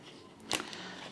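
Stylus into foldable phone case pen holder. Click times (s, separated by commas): 0.5 s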